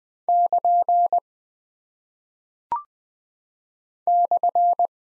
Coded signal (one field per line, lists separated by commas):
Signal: Morse code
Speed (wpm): 20 wpm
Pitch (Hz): 700 Hz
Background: none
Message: <KN> /